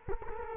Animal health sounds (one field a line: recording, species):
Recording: mosquito wingbeat signal from an infrared sensor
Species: Culex quinquefasciatus